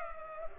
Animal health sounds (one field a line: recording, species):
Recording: mosquito wingbeat signal from an infrared sensor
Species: Culex pipiens